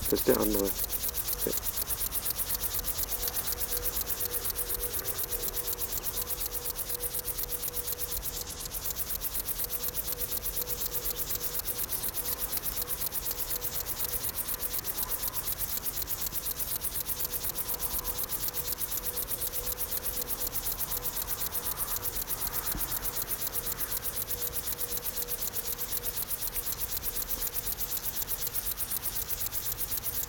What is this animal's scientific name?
Chorthippus apricarius